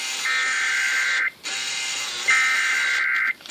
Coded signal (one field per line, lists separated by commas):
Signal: Emergency Alert System (SAME) tones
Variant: header bursts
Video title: Sage EAS Bench Testing